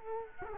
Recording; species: mosquito wingbeat signal from an infrared sensor; Culex quinquefasciatus